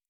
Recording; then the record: hydrophone in a shrimp aquaculture tank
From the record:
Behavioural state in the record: normal